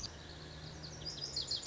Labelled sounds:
Lazuli Bunting (Passerina amoena)
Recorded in Sonoma County, California

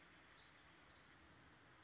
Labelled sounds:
Pacific Wren (Troglodytes pacificus)
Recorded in Sonoma County, California

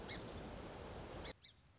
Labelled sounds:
Song Sparrow (Melospiza melodia)
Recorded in Sonoma County, California

